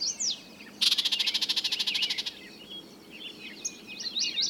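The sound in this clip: Bird sounds: a brief high note, then a loud dry rattling buzz lasting over a second, followed by soft scattered chirps.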